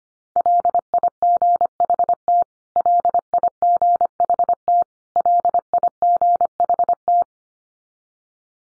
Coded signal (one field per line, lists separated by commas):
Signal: Morse code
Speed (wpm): 25 wpm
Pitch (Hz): 700 Hz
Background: none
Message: LIGHT LIGHT LIGHT